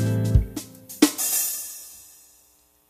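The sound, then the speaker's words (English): Heavily compressed, distorted audio: a few thumping hits over a low buzzing tone, then a gritty, hissy wash that holds loud before slowly fading, with a sudden burst at the very end. “It's just a little bit more compression.”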